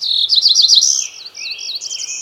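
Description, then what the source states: Cerulean Warbler song: rapid repeated buzzy slurred high notes leading into a higher buzzy trill, then a softer phrase of wavering high notes. One of the fastest declining songbirds in America; population down more than 70% since the 1960s; winters in Colombia, breeds in the Appalachians.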